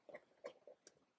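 A red plastic connector cover is being slid onto the black electrical connector of a wireless PSE module during a Porsche 997/987 sport exhaust button install. Four short plastic taps and scrapes are heard at about 0.1, 0.5, 0.7 and 0.9 seconds. The clip ends before the cover locks, so nothing has seated or clicked yet.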